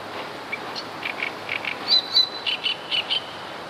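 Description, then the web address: Great reed warbler giving a short phrase of rasping notes that grows louder, ending in evenly spaced harsh chirps about four per second. "wroblowe kolekcja trzciniak"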